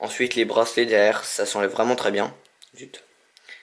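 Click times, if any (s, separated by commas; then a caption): 3.4 s. A man talks about the smartwatch straps for the first 2.4 seconds, followed by a few quiet handling sounds. He presses the quick-release pin on the SCOMAS L5 smartwatch band, and a small click at 3.4 s marks the pin coming out of the watch case lugs as the strap comes off.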